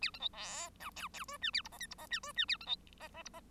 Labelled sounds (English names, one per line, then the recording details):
Bengalese Finch song
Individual Bird1